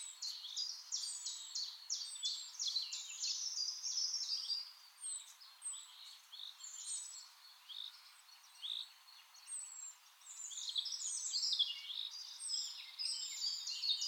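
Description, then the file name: Common chaffinch: many runs of high, sharp downward-sliding notes with brief pauses, over a steady background hiss. "Fringilla coelebs"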